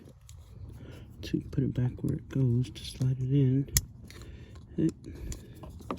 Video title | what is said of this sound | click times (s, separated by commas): 09-14 F150 rear window repair | not have seen it but you heard it click | 5.9 s